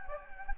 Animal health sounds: mosquito wingbeat signal from an infrared sensor; Anopheles gambiae

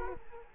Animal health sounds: mosquito wingbeat signal from an infrared sensor; Culex quinquefasciatus

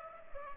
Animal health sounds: mosquito wingbeat signal from an infrared sensor; Culex pipiens

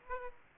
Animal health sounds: mosquito wingbeat signal from an infrared sensor; Aedes aegypti

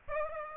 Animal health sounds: mosquito wingbeat signal from an infrared sensor; Aedes aegypti

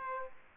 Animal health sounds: mosquito wingbeat signal from an infrared sensor; Aedes aegypti

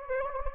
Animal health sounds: mosquito wingbeat signal from an infrared sensor; Anopheles gambiae

